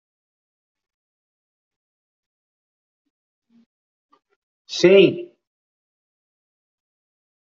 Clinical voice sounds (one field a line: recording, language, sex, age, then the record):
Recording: short text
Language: Brazilian Portuguese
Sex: male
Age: 50 to 59 years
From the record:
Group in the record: control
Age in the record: 56 years